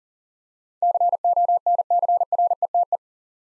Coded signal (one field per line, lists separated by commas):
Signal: Morse code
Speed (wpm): 40 wpm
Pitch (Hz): 700 Hz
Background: none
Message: CONCRETE